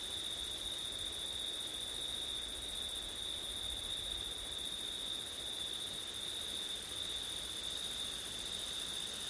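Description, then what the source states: Crickets in chorus, a steady unbroken high trill with a fainter shimmering layer above it, over a constant soft hiss. Crickets on a windy September night; ortif recording.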